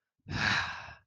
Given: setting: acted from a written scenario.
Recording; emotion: vocal sound without words; relief